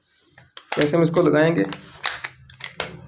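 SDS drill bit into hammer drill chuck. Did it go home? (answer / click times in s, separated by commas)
yes / 2.8 s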